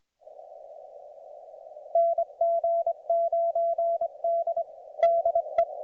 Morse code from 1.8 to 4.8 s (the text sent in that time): NG9D